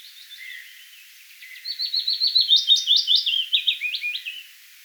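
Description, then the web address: Willow warbler song: a soft, sweet phrase of rapid notes gliding downward in a gentle cascade and fading at the end, preceded by quieter notes. 10 May 2025; the bird comes gradually closer while singing and ends right beside the recorder. "paivat 10 5 2025 pajulintu tulee vahitellen lahemmaksi laulamaan ja on lopuksi aivan vierella"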